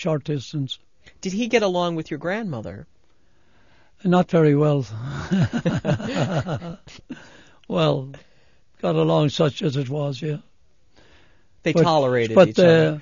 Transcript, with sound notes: Short distance.
Did he get along with your grandmother?
Not very well. (they laugh) Well, got along such as it was.
They tolerated each other.